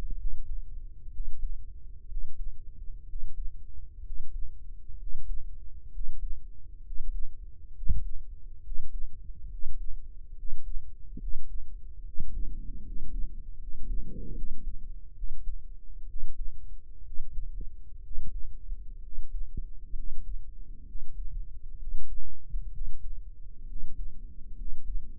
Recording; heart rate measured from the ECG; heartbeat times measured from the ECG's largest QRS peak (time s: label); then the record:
heart sounds by microphone in the right ear; 66 bpm
0.15 s: heartbeat
1.08 s: heartbeat
2.05 s: heartbeat
3.04 s: heartbeat
4.01 s: heartbeat
4.96 s: heartbeat
5.89 s: heartbeat
6.81 s: heartbeat
7.72 s: heartbeat
8.60 s: heartbeat
9.47 s: heartbeat
10.33 s: heartbeat
11.17 s: heartbeat
12.02 s: heartbeat
12.81 s: heartbeat
13.56 s: heartbeat
14.32 s: heartbeat
15.12 s: heartbeat
16.04 s: heartbeat
17.01 s: heartbeat
17.99 s: heartbeat
18.99 s: heartbeat
19.92 s: heartbeat
20.83 s: heartbeat
21.75 s: heartbeat
22.69 s: heartbeat
23.64 s: heartbeat
24.53 s: heartbeat
From the record:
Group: healthy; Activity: rest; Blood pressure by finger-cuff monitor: 118/70 mmHg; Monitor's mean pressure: 85 mmHg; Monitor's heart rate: 65 bpm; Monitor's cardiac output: 7.4 L/min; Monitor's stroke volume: 114 mL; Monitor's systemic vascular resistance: 850 dyn s/cm5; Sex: male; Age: 23 years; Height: 178 cm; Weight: 96.6 kg